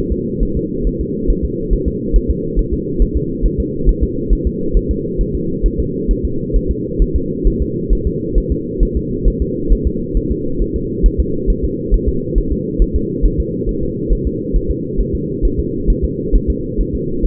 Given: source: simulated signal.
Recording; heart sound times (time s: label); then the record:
fetal heart sounds
0.12 s: S2
0.43 s: S1
0.57 s: S2
0.87 s: S1
1.01 s: S2
1.30 s: S1
1.45 s: S2
1.73 s: S1
1.88 s: S2
2.16 s: S1
2.30 s: S2
2.59 s: S1
2.73 s: S2
3.02 s: S1
3.16 s: S2
3.45 s: S1
3.60 s: S2
3.89 s: S1
4.03 s: S2
4.33 s: S1
4.47 s: S2
4.77 s: S1
4.91 s: S2
5.21 s: S1
5.35 s: S2
5.66 s: S1
5.80 s: S2
6.11 s: S1
6.25 s: S2
6.56 s: S1
6.71 s: S2
7.02 s: S1
7.16 s: S2
7.47 s: S1
7.62 s: S2
7.93 s: S1
8.07 s: S2
8.38 s: S1
8.52 s: S2
8.83 s: S1
8.97 s: S2
9.28 s: S1
9.42 s: S2
9.72 s: S1
9.87 s: S2
10.17 s: S1
10.31 s: S2
10.62 s: S1
10.76 s: S2
11.06 s: S1
11.20 s: S2
11.50 s: S1
11.64 s: S2
11.94 s: S1
12.09 s: S2
12.38 s: S1
12.52 s: S2
12.82 s: S1
12.96 s: S2
13.25 s: S1
13.40 s: S2
13.69 s: S1
13.83 s: S2
14.12 s: S1
14.27 s: S2
14.56 s: S1
14.71 s: S2
15.00 s: S1
15.15 s: S2
15.45 s: S1
15.59 s: S2
15.90 s: S1
16.04 s: S2
16.35 s: S1
16.50 s: S2
16.81 s: S1
16.95 s: S2
17.25 s: S1
From the record:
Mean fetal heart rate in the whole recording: 135 bpm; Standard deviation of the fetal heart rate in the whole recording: 3 bpm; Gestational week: 36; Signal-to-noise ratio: -6.6 dB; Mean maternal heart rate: 72 bpm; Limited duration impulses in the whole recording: present